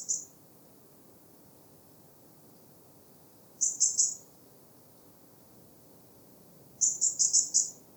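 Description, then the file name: European robin calls: brief high ticking bursts, one short note at the start, then a short run and a later, longer run of quick notes, quiet background. "Erithacus rubecula"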